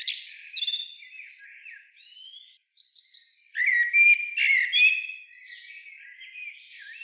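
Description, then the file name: Common blackbird singing: a high chattering start, then soft mellow whistled phrases, then a louder burst of fluting notes and squeaky twitters, trailing off into soft high notes. "Turdus merula"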